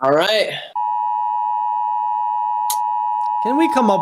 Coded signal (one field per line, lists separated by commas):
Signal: Emergency Alert System (SAME) tones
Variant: 853 and 960 Hz attention tone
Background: speech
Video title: Which Country Has The Best Emergency Alert? w/ Hivemind Riley